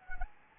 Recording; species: mosquito wingbeat signal from an infrared sensor; Anopheles gambiae